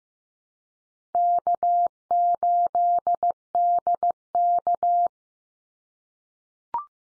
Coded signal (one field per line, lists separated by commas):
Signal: Morse code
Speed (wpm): 15 wpm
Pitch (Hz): 700 Hz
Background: none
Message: K8DK